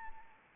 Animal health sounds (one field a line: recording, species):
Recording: mosquito wingbeat signal from an infrared sensor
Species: Anopheles arabiensis